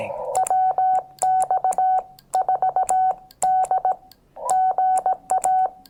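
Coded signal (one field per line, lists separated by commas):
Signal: Morse code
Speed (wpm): 18 wpm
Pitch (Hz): 750 Hz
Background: none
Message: WX4D GA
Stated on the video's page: 5 W QRP CW Parks on the Air activation from a Xiegu X6100 with an MFJ-1898 telescoping antenna, with cicadas audible.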